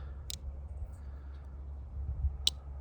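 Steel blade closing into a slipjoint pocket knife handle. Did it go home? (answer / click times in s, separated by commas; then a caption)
yes / 2.5 s. The steel blade of an Esnyx Silver Line Barracuda slipjoint pocket knife is closed against its backspring into the handle, with a faint sharp click at 0.3 s over a low background hum. The blade then snaps shut with a loud, crisp click at 2.5 s, seating closed, though the snap is less pronounced because the action feels a little tighter.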